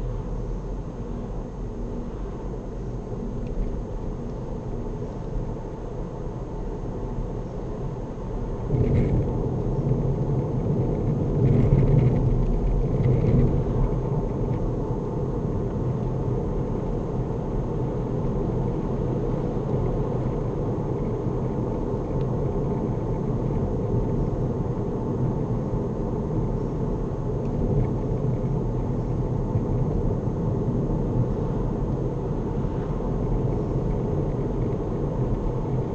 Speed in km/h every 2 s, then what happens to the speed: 58, 63, 66, 69, 71, 72, 69, 71, 76, 77, 74, 71, 68, 66, 69, 68, 71, 72.
0-7 speeds up to 71. 7-13 steady at about 71. 13-17 speeds up to 77. 17-26 slows to 66. 26-36 speeds up to 72.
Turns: none.